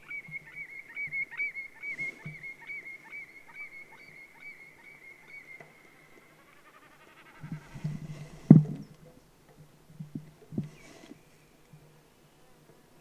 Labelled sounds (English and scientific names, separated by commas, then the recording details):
Common Snipe (Gallinago gallinago)
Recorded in the wild
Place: Halbinsel Kindo, Karelien, RU
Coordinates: 66.55, 33.1
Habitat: moor
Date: 1998-06-21 22:50
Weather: clear, 12°C, weak easterly winds
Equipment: Aiwa HD-S1, Telinga Pro 5
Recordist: Frommolt, Karl-Heinz